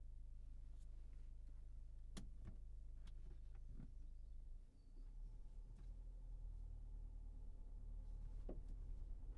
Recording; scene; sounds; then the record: everyday scene through a hearing-aid microphone; in a vehicle; engine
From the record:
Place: Berlingo II, diesel engine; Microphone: behind the ear, right, rear